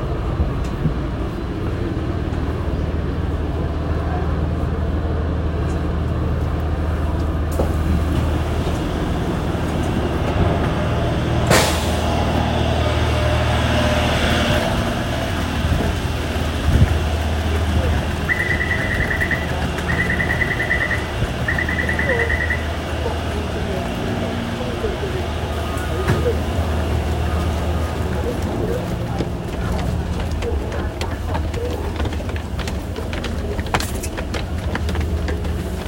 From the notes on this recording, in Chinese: 從台北車站搭捷運上班